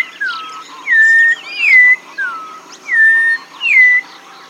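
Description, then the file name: Bird gives clear whistled calls, each slurring down then levelling off, repeated in a steady series, some lower and some higher. "SABIOD 50 bird 2015"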